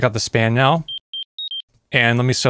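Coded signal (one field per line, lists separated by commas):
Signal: none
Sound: synth ringtone notes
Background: speech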